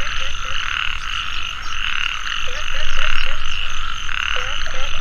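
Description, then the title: Frog chorus: short, twanging croaks repeated in loose bursts under a steady, shimmering high drone. Frogs calling in a mountain valley at dusk; field recording. "傍晚山谷里的蛙和鸟齐鸣 声谷"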